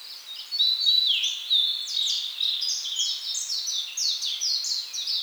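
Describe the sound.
Bird song, a fast run of high chirped and slurred notes, many descending, packed closely together over five seconds with no other clear sounds.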